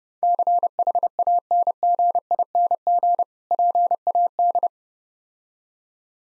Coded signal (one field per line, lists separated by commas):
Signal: Morse code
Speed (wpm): 30 wpm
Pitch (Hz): 700 Hz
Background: none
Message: CHANGING PAD